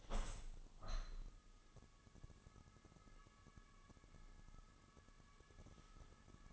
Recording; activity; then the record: daily activity, microphone in the room; open window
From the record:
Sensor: 4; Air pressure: 1001.2 hPa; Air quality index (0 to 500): 176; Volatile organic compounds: 2 ppm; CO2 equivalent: 1254 ppm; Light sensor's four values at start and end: 12/28/11/12 and 12/28/11/12